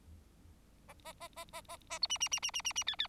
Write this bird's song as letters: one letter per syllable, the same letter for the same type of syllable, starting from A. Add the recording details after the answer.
A A A A A A A B C C C C C C C D D. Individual Bird4